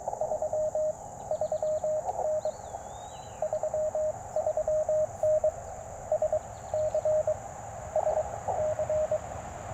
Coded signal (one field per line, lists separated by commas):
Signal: Morse code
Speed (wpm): 21 wpm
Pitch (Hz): 620 Hz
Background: none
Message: 3 3N 33N S C S C